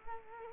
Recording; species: mosquito wingbeat signal from an infrared sensor; Culex quinquefasciatus